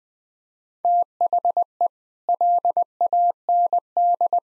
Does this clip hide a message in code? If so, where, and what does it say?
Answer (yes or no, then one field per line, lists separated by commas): yes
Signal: Morse code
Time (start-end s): 0.8-4.4 s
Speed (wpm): 20 wpm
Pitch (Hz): 700 Hz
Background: none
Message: THE LAND